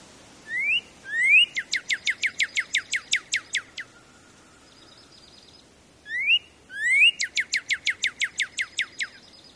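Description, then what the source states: Northern Cardinal song: two rising whistled slurs, then a fast run of sharp descending whistled notes, given twice with a pause between; quiet background. Male song, described as a brilliant whistled song made of a series of whistled syllables, sung from late winter and early spring.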